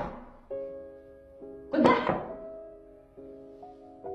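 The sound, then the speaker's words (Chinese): Several dull knocks on a bathroom door in the film Kill Mobile (来电狂响), with a loud cluster of thumps in the middle and softer single raps before and after, over a steady humming musical tone. “娇娇关上了厕所门，贾迪敲门。”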